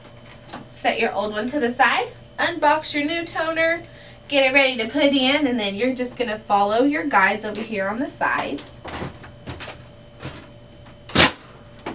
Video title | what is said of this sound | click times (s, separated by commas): HP LJ P2015 - How To Replace Toner Cartridge - Onyx Imaging | once you hear it click you know it's in then | 11.1 s